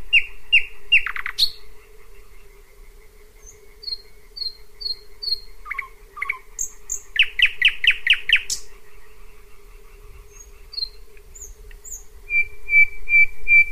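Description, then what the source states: Thrush Nightingale singing a varied sequence: ringing notes, quick whistled series, sharp downward clicks and a loud rattling burst, ending in repeated clear whistles, with a constant humming drone behind. Singing close by around midnight in June, on a dirt road with trees and shrubs among meadows, fields and marshes between Pyzdry and Zagórów, Poland; complex song, varied repertoire, repeated elements.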